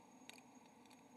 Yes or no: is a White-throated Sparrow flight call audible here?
no